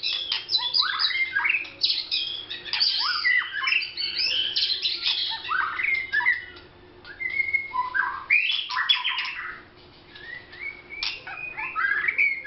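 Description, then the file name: White-rumped shama pouring out a dense, continuous medley of whistles, harsh notes and rapid chatters, with two brief quiet spells. Vietnam. "shama vietnam omkicau"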